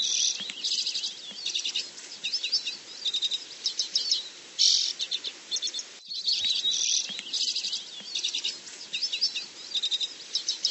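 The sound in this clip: Bird calling: repeated bursts of high, rapid chirps and twittering trills over a steady background hiss.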